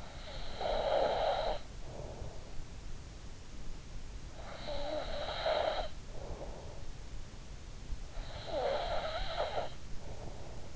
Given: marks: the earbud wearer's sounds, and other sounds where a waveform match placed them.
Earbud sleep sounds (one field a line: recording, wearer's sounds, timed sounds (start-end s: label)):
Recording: sounds in sleep by an in-ear microphone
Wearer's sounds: snoring breath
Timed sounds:
0.00-2.65 s: snoring breath
4.38-6.99 s: snoring breath
8.21-10.76 s: snoring breath